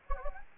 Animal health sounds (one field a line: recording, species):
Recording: mosquito wingbeat signal from an infrared sensor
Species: Anopheles gambiae